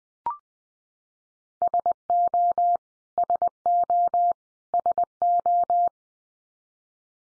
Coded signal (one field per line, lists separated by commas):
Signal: Morse code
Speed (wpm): 20 wpm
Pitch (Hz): 700 Hz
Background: none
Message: SO SO SO